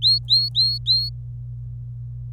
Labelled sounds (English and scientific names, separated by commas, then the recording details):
Domestic Canary (Serinus canaria) song
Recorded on 25 April 2018 at 17:42
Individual llb3